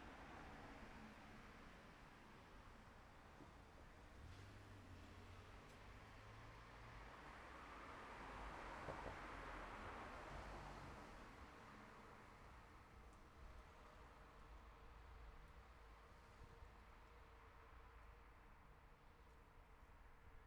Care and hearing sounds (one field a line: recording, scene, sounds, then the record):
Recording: everyday scene through a hearing-aid microphone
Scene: in traffic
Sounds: traffic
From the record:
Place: city secondary road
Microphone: behind the ear, left, rear